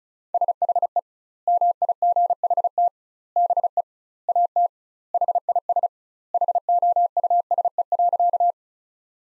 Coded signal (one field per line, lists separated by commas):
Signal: Morse code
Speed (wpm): 36 wpm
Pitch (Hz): 700 Hz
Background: none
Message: SHE MIGHT BE AT HIS HOUSE.